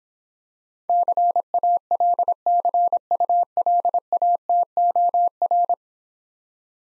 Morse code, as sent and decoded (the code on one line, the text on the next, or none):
-.-. .- .-.. -.-. ..- .-.. .- - --- .-.
CALCULATOR